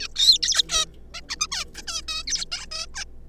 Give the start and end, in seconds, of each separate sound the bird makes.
0.01-0.08, 0.16-0.38, 0.43-0.62, 0.69-0.85, 1.14-1.21, 1.29-1.35, 1.40-1.47, 1.51-1.64, 1.75-1.82, 1.88-2.01, 2.08-2.23, 2.27-2.45, 2.52-2.66, 2.71-2.87, 2.94-3.04